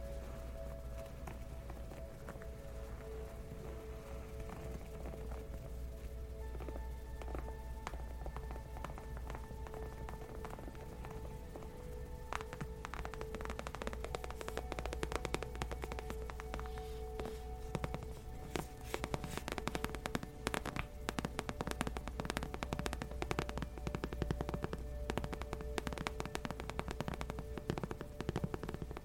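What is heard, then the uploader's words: Gentle tapping on leather, soft and scattered at first, growing denser and crisper after the midpoint, over a low steady hum with faint held tones. Gentle Leather Tapping For Sleep & Relaxation.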